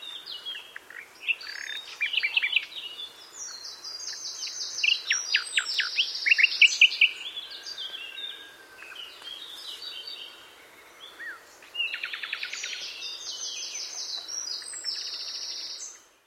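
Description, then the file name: Common nightingale song: varied phrases of rapid repeated chirps, whistles and buzzy trills, loud bursts around five to seven seconds, a pause, then another fast repeated-note phrase. "Luscinia megarhynchos"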